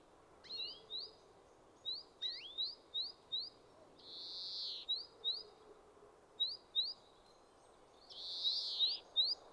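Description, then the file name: European greenfinch: runs of short upslurred twitters broken by two drawn-out buzzy wheezes, with two looping whistles in the first few seconds. "Chloris chloris"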